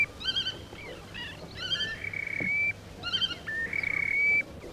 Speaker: На речных отмелях перекликаются кулики-мародунки.